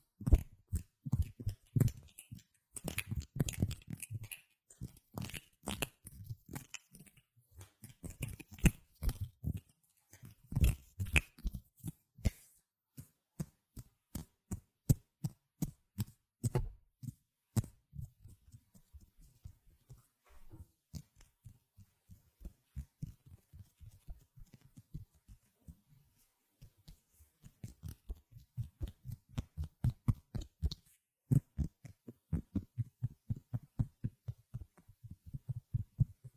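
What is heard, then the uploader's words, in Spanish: Hand sounds: a run of short slaps and taps, some crisp, some dull and thumping. The hits come in quick clusters for the first twelve seconds, thin out, turn to softer low pats in the middle, then pick up again near thirty seconds. ASMR Sonidos de manos. Chasquidos, frotaciones, palmadas y demás.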